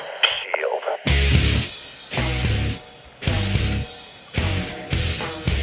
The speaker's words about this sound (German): Wie findest du eigentlich das The Shield Theme?